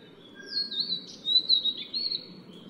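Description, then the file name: Vivid niltava singing a short run of clear, high, wavering whistles with small downward slurs, against a faint low background hum. "黃腹琉璃"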